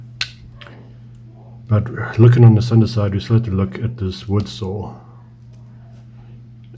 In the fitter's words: and the fact that it locks in place I find extremely useful